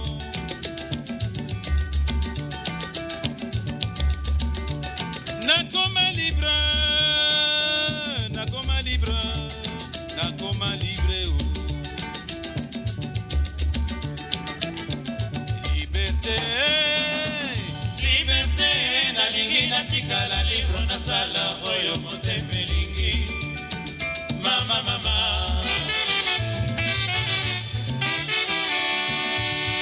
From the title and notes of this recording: A 56 minute radio show broadcast in Bristol UK. Congolese Rumba and Tropical Birdsong. Throughout the radio show are the sounds of tropical birds recorded by Jean Roché.